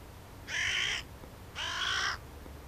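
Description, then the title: Hooded crow calling twice: two rasping, hoarse caws about a second apart, each roughly half a second long, over a faint low hum. "Varis"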